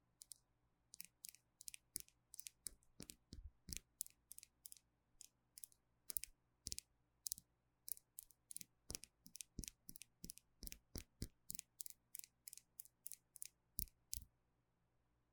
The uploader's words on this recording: ASMR 凝膠美甲用品觸發 | Gel Nails supplies Triggers | Tapping & Scratching | NoTalking. 手邊好多美甲用品可以使用，還有一些亮晶晶閃亮亮的拍照道具.